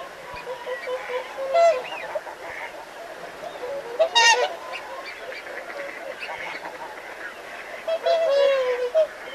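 Whooper swans honking over a softer background chorus, with a few louder trumpeting calls standing out.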